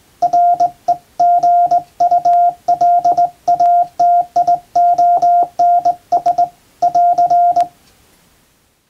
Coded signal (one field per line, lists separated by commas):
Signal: Morse code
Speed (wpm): 20 wpm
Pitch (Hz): 700 Hz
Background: radio noise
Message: REGULATIONS <AR>